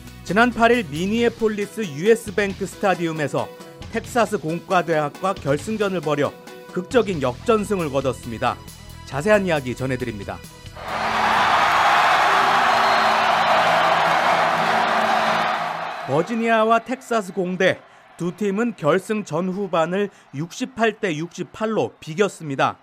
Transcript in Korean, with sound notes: 지난 8일 미니애폴리스 ‘US뱅크 스타디움’에서 텍사스 공과대학과 결승전을 벌여, 극적인 역전승을 거뒀습니다. 자세한 이야기, 전해드립니다. [녹취: 농구경기 현장음] 버지니아와 텍사스공대, 두 팀은 결승 전·후반을 68대 68로 비겼습니다.